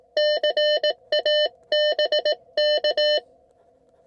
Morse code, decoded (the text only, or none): CA BK